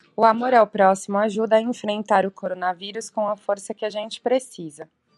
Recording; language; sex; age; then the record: spoken sentence; Brazilian Portuguese; female; 40 to 49 years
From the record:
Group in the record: control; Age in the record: 42 years